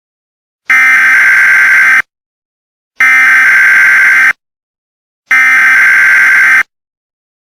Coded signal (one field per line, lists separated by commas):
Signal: Emergency Alert System (SAME) tones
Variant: header bursts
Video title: "Better off not showing whats inside..." | short emergency alert system Gift for @Void-bq9sd